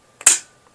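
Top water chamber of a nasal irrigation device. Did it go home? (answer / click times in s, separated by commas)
released / 0.3 s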